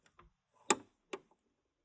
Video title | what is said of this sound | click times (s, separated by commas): Embroidery Machine Starter Tutorials - Replace the Needle + Thread the Machine - Brother PE550d | and you'll hear it click | 0.7 s